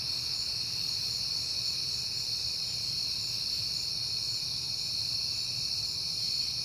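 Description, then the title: Crickets in an even, sustained high chorus, with a faint low hum underneath. Crickets at night on a peaceful September night, heard often lately. "Night Time: Crickets and Passing Cars"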